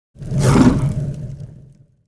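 Tiger roar: a single deep, rough roar of about one and a half seconds, building quickly to its strongest and then fading away, with nothing else heard.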